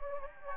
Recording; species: mosquito wingbeat signal from an infrared sensor; Anopheles gambiae